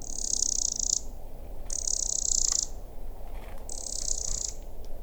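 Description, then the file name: Eurasian wren giving high, dry buzzing rattles, each about a second long, repeated three times over steady low rumbling background noise. "Troglodytes troglodytes"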